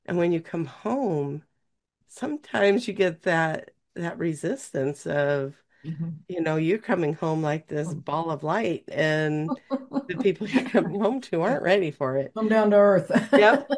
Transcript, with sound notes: And when you come home, sometimes you get that, that resistance of-
Mm-hmm.
... you know, you coming home like this ball of light, and-
(laughs)
... the people (laughs) you're coming home to aren't ready for it.
"Come down to Earth."